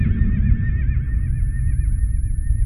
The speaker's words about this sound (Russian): Ведьмак услышал цокот копыт мчащегося галопом коня, звук которого он ожидал.